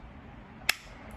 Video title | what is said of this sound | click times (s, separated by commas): https://firearmmentor.com/ Why does my slide lock open when I’m out of ammunition? - Firearm Mentor | all right hope you guys heard that click now the magazine is in there it is an empty magazine so | 0.7 s